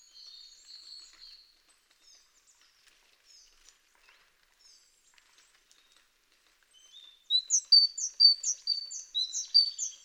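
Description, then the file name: Great tit singing a loud, rhythmic series of repeated two-note high phrases in the last few seconds, after softer scattered high notes earlier. "Parus major"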